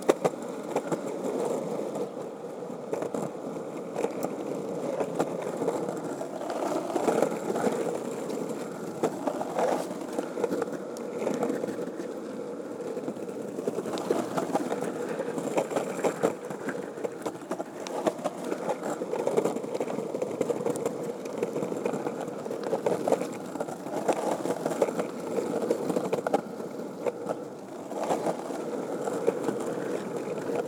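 A skateboard rolls steadily over rough pavement, a dense low rumble with brief clacks and scrapes scattered throughout, no pauses.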